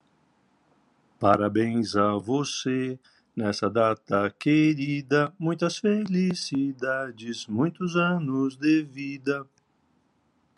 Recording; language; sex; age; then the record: short text; Brazilian Portuguese; male; 50 to 59 years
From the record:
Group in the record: control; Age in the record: 54 years